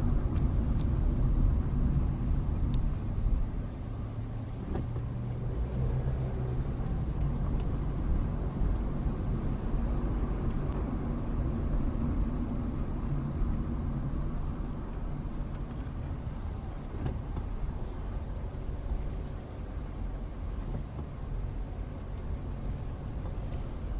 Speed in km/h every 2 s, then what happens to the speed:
19, 10, 11, 19, 26, 27, 19, 11, 8, 10, 10, 10.
0-2 brakes to 10. 3-10 speeds up to 27. 10-15 brakes to 8. 15-24 steady at about 10.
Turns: 2-6, 13-20.